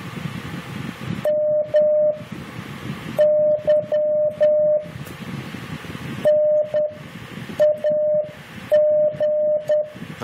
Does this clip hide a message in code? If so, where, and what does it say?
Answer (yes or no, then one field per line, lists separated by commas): yes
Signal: Morse code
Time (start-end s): 1.2-9.8 s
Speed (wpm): 9 wpm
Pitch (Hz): 600 Hz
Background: none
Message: MY NAG